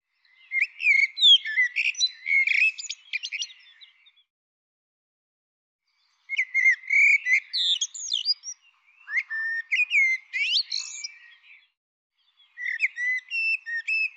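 Bird giving bursts of rapid high chirps and twittering notes, several seconds long, separated by pauses; no other sounds heard.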